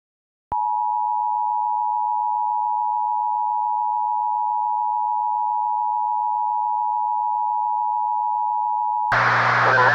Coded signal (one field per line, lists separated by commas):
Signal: Emergency Alert System (SAME) tones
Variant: 853 and 960 Hz attention tone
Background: speech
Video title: EAS Mock: Jschatt’s Florida Weather.